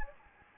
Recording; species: mosquito wingbeat signal from an infrared sensor; Anopheles gambiae